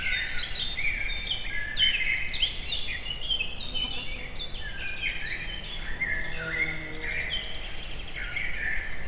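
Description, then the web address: Cricket chirping in a steady high pulsing trill throughout, with birds singing varied warbling phrases over it and a low background rumble. Recorded in nature at a forest edge near the Eger tourist house, amid assorted sounds. "allathangok termeszetben tucsok mindenfeleazerdoszelen egerturistahaz"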